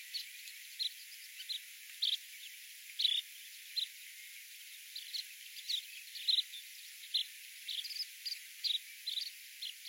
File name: Canto do pilrito de bico comprido